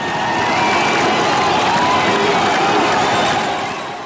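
A jubilant crowd in a square in central Beirut cheers loudly and steadily after a government resignation is announced, a dense wash of many voices shouting and whooping together with scattered higher-pitched cries rising above the roar throughout.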